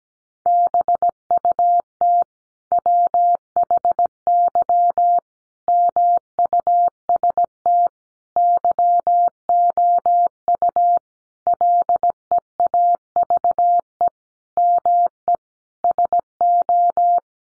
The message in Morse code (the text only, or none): BUT WHY MUST YOU LEAVE ME SO